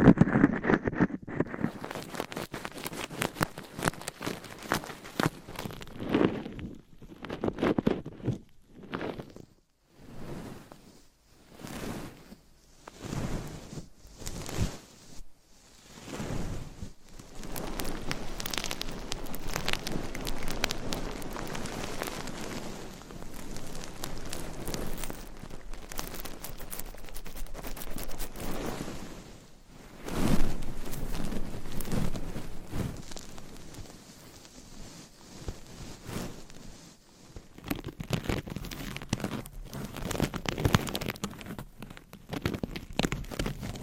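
Scratching and tapping sounds that shift every few seconds, starting as sharp separated bursts, then turning into denser continuous rubbing with brief pauses.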